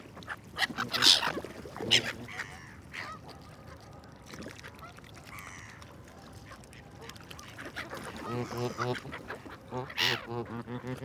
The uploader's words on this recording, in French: Lac Daumesnils - Bois de Vincennes - Paris -Nagra seven - mkh40 cardioides. Premier lever du jour 2021 dans une fraîcheur humide. Il est à peine 8 heure et le jour à bien du mal à prendre place. L'intimité des oiseaux d'eau du lac. Quelques morceaux de pain et je réalise une belle prise de son de proximité et de plus entre les Bernaches et les mouettes une sorte de chorus s'installe.